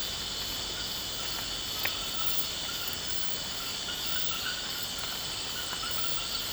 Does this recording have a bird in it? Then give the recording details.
no. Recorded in pastures near Puerto Asís, Putumayo, Colombia, on 19 March 2025 at 23:30. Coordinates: 0.472, -76.329. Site G074